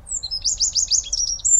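A Eurasian wren sings a brisk, high-pitched burst of song: a rapid run of sharp, repeated trilling notes, loud and clear over a faint low rumble, with no voices.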